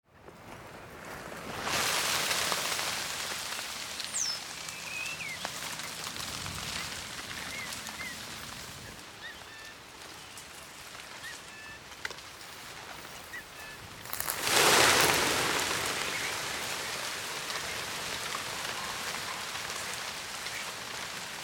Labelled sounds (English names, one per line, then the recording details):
European Starling
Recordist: Frommolt, Karl-Heinz